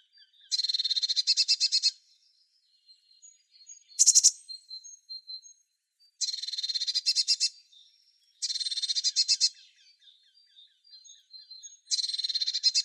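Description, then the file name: Eurasian blue tit giving several harsh churring rattles, each about a second or more long, with one sharp high note and faint thin calls between. "Cyanistes caeruleus"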